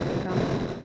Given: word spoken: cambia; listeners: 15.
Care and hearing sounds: one Spanish word in noise, from a listening test; noise modulated by three-talker babble; -6.3 dB; 0 of 15; 8 of 15; 0.45 s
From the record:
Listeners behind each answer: 8, 3, 1, 1, 1, 1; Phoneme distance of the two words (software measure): 27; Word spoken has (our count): 2 syllables, 6 phonemes, stress on syllable 1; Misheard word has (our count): 2 syllables, 5 phonemes, stress on syllable 1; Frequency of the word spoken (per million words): 27.08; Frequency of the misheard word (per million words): 201.72

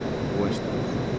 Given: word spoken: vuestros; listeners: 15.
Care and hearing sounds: one Spanish word in noise, from a listening test; speech-shaped noise; -5.9 dB; 2 of 15; 11 of 15; 0.79 s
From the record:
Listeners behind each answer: 11, 2, 1, 1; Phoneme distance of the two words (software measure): 17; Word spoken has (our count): 2 syllables, 8 phonemes, stress on syllable 1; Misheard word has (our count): 2 syllables, 7 phonemes, stress on syllable 1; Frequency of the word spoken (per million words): 6.03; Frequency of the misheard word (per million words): 57.65

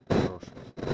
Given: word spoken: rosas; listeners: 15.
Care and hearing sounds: one Spanish word in noise, from a listening test; noise modulated by one talker; -9.4 dB; 3 of 15; 8 of 15; 0.54 s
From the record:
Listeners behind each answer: 8, 3, 2, 1, 1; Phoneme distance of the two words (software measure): 7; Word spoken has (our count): 2 syllables, 5 phonemes, stress on syllable 1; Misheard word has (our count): 2 syllables, 4 phonemes, stress on syllable 1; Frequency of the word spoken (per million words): 18.48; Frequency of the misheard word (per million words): 92.94

